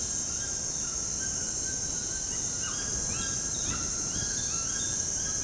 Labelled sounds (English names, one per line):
White-throated Toucan